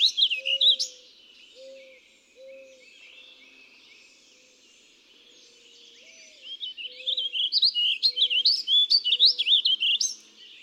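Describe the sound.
Warbling vireo song: a short burst of rapid, rolling warbles at the start, then a longer run of looping notes near the end, with soft low tones pulsing about once a second.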